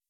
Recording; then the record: hydrophone in a shrimp aquaculture tank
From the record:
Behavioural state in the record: weakened